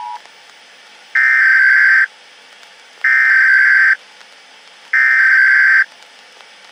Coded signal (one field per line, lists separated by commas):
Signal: Emergency Alert System (SAME) tones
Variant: header bursts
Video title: EAS - Una prueba